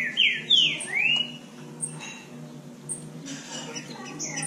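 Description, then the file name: Green-winged saltator gives three loud whistled slurs at the start, then quieter whistles and faint hissing background. "canto do trinca ferro"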